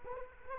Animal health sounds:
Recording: mosquito wingbeat signal from an infrared sensor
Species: Culex quinquefasciatus

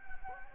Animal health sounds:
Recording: mosquito wingbeat signal from an infrared sensor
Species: Anopheles gambiae

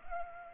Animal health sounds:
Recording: mosquito wingbeat signal from an infrared sensor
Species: Culex pipiens

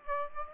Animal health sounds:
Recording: mosquito wingbeat signal from an infrared sensor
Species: Aedes aegypti

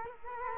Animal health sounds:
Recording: mosquito wingbeat signal from an infrared sensor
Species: Culex quinquefasciatus

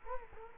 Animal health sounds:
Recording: mosquito wingbeat signal from an infrared sensor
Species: Culex quinquefasciatus

